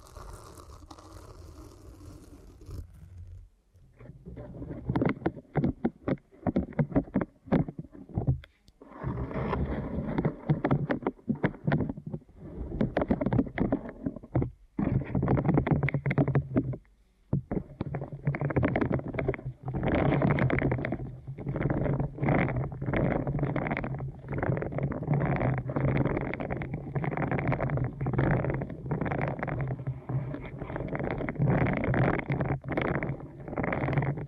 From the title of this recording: ASMR Deep Ear Canal Massage